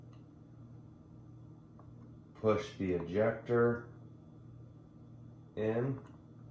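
An ejector is being handled for pushing down into the slide of a Canik TP9SFX pistol during reassembly after a Galloway Precision reduced-power trigger spring install. Faint ticks come at about 0.1 s and 1.8 s, and someone talks in two bursts. The clip ends before the ejector goes home, so nothing has seated or clicked yet.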